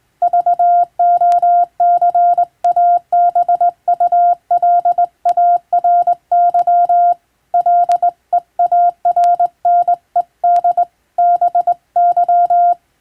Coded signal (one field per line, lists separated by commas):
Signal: Morse code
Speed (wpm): 21 wpm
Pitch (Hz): 700 Hz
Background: none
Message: VOCABULARY LEARNED BY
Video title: 【船舶無線通信士】手打ちで打つ懐かしいモールス符号、昔はラジオでよく聞こえました。船と陸との唯一の通信手段、大変貴重な無線通信でした。受信トレーニングにどうぞ morse code practice